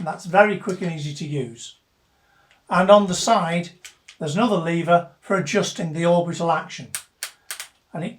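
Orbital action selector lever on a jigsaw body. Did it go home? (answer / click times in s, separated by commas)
yes / 7.2 s, 7.5 s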